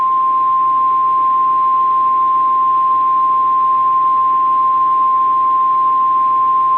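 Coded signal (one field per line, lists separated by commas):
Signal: Emergency Alert System (SAME) tones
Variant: 1050 Hz attention tone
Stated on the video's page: Fictional mock tornado warning for a fictional county, state and country.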